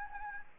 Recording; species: mosquito wingbeat signal from an infrared sensor; Anopheles gambiae